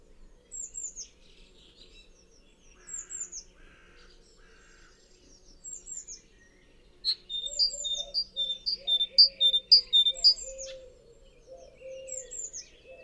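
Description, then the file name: Great tit calling: thin high downslurred notes at first, then a loud run of about seven ringing two-note phrases, evenly paced, over a low hum. "Parus major"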